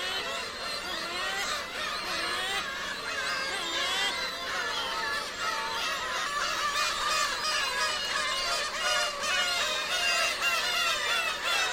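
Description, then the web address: Gull colony calls, a dense chorus of overlapping mewing and wailing cries with rising and falling notes, continuous throughout with no pauses. Gull colony on an island at Hachinohe, Japan. "Foundation 1 AMBIENCE HACHINOHE SEAGULL ISLAND"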